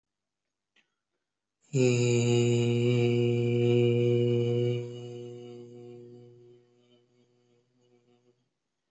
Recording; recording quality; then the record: sustained vowel as in made; excellent, no background noise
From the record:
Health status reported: recovered from COVID-19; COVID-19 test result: positive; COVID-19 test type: RT-PCR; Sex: male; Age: 25 years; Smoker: no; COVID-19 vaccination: both doses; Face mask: not worn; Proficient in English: yes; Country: India